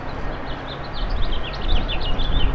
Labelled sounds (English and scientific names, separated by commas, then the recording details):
House Finch (Haemorhous mexicanus) song
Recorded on Long Island, New York, on 21 April 2011
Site PW
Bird B